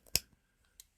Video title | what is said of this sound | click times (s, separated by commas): 1995 SGT. SAVAGE DYNAMITE V1 REVIEW | locks into place you see this is designed to look like a bazooka | 0.2 s